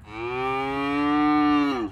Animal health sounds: contact call of a hoofed animal; cattle; low-frequency (closed-mouth) or high-frequency (open-mouth) call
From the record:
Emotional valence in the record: negative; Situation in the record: full separation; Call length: 1.92 s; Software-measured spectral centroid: 1500 Hz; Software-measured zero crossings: 1480 a second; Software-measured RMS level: -23 dBFS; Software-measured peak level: -12 dBFS

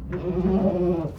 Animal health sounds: contact call of a hoofed animal; goat; low-frequency (closed-mouth) or high-frequency (open-mouth) call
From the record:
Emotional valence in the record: negative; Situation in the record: food frustration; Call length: 1.19 s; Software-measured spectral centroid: 920 Hz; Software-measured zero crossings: 700 a second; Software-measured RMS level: -24 dBFS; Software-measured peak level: -11 dBFS

